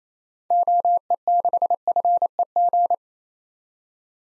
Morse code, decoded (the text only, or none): OE6FEG